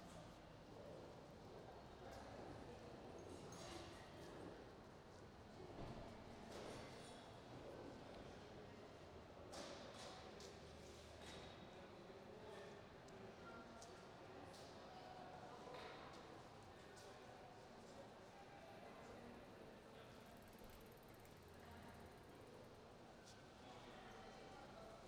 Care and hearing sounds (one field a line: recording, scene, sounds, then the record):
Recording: everyday scene through a hearing-aid microphone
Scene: reverberant space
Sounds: background noise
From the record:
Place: railway station hall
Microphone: in the ear canal, right